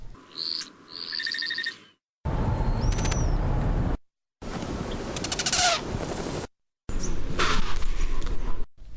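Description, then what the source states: Hummingbird display sounds in four separate bursts, each from a different species. Four hummingbird species' courtship display sounds; males repeat the display over and over to females, black-chinned hummingbird 10–20 times in a row; tail, wing and one vocal sound.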